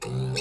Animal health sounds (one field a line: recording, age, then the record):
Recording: pig call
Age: weaner (32 to 43 days)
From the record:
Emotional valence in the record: negative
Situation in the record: short isolation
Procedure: open field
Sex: female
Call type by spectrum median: low-frequency call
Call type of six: mixed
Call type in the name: high-frequency modulated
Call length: 0.42 s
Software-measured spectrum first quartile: 189 Hz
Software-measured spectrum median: 739 Hz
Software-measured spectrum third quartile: 3915 Hz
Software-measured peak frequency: 403 Hz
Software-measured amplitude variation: 69 dB a second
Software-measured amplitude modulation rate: 27.6 a second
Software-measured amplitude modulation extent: 2.5 dB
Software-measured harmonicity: 1.4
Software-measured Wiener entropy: -3.93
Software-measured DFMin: 731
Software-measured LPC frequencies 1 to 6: 2599, 3792, 4387, 5494, 7078, 8234 Hz